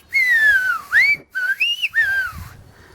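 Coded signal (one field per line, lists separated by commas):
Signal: whistled language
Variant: Silbo Gomero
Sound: a loud gliding human whistle in about four rising and falling phrases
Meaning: Juanito, come up here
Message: Juanito Ven para arriba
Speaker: don venino silve Juanito Ven para arriba vale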